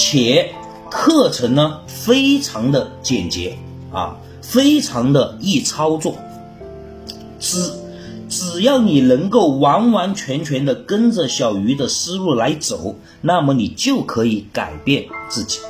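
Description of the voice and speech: Mandarin speech from an adult man who stutters, a stuttering-correction coach, mostly fluent, with a held, repeated word-initial sound after a long pause: a stuttering block with difficulty starting the word, getting stuck, and repetition.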